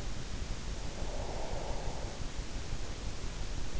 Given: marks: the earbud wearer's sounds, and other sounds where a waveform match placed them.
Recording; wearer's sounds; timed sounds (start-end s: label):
sounds in sleep by an in-ear microphone; breath
0.87-3.49 s: breath